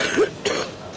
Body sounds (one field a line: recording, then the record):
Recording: coughing mixed with background sound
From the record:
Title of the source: 31 night wet cough